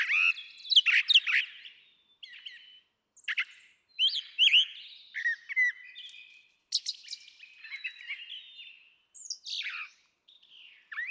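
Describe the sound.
Brown Thrasher song, a steady run of varied, high, chirpy and slurred phrases, each brief, with short gaps between them.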